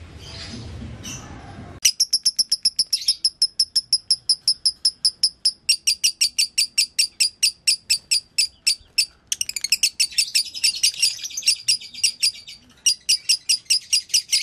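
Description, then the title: Lovebird song: after a brief hiss, a long string of rapid, sharp, high chirps with a few denser, buzzier stretches. Training recording for tutoring lovebirds; song style called konslet. "Masteran Lovebird Konslet"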